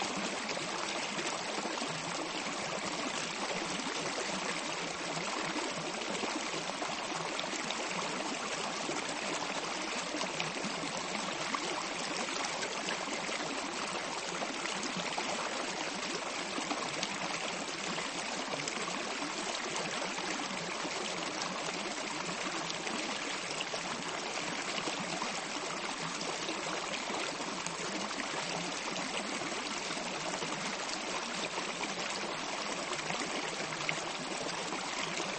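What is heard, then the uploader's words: Water moves steadily near the bay, a dense, even rush of trickling and splashing that never pauses. The sound is bright, with fine bubbling detail over a softer low wash, holding the same level throughout. Bahía Lapataia, Tierra del Fuego. Let's listen to the movement of water, near the end of route 3; Lapataia Bay Ushuaia Tierra del Fuego, Argentina.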